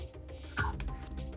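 A tiny plastic glow stick is pushed into a slot in the back of an ice-fishing lure and gives a sharp click at 0.8 s as it snaps in, with a softer tick following at about 1.2 s. The glow stick is seated in the lure.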